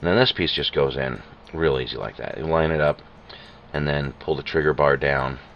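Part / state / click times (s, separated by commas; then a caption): small internal part into the pistol frame at the trigger bar / not seated / none. Someone talks while reassembling a Beretta M1934 pistol, lining up a small steel internal part at the trigger bar in the frame and pulling the trigger bar down so the part will snap into its seat. Only speech is heard, with no distinct click, and nothing has seated or clicked yet.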